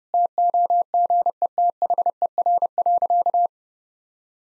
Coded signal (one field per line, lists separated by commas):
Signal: Morse code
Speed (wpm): 30 wpm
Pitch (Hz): 700 Hz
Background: none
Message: TOGETHER.